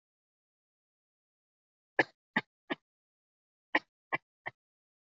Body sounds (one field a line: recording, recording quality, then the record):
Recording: shallow voluntary cough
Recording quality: excellent, no background noise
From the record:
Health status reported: healthy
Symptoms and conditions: none ticked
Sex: female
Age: 54 years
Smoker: not ticked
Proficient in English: yes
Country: India